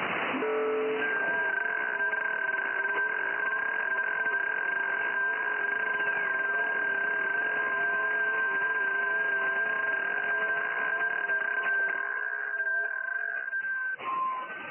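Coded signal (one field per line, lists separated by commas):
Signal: FT8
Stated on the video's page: FT8 on 28 MHz, FTdx101MP at 200 W, rotating 4-element Yagi at 17 m height, contacts with Argentina, Vietnam, Australia.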